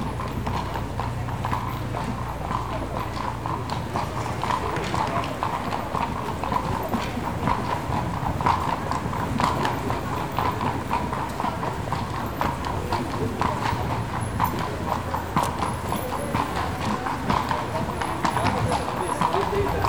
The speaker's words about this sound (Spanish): Estos eran los carruajes de caballos en Viena, en Austria, un lugar muy lejano que hemos podido visitar por unos momentos gracias al sonido